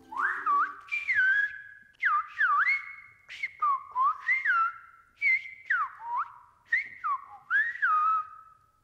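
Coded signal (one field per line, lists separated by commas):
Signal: whistled language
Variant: Silbo Gomero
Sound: loud human whistling in short rising and falling phrases, pitch sliding like speech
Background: small room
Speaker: So, I'm back in the classroom. My one-on-one lessons begin with the proper greeting.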